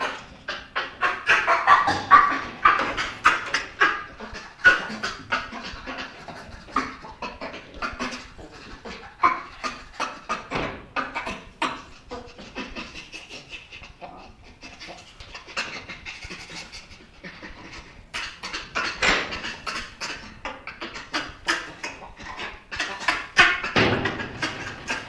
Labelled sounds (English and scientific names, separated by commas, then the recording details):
Chimpanzee (Pan troglodytes)
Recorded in captivity
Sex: diverse
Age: juvenile
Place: Zoo Rostock, Mecklenburg-Vorpommern, DE
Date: 1965-09-01 15:00
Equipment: Uher 4200 Report Monitor, Sennheiser MD 421, Transistorverstärker 2
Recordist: Tembrock, Günter